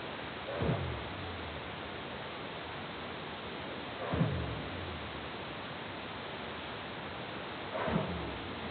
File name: North Pacific Right Whale